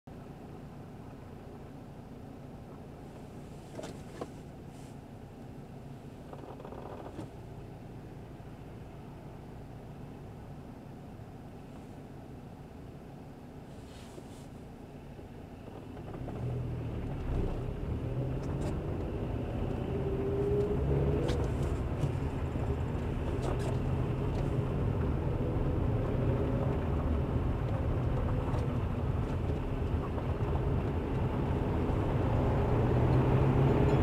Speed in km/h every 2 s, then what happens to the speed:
0, 0, 0, 0, 0, 0, 0, 0, 9, 13, 17, 18, 22, 22, 17, 21, 29.
0-15 standing. 15-24 pulls away to 22. 24-29 steady at about 22. 29-34 speeds up to 29.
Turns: none.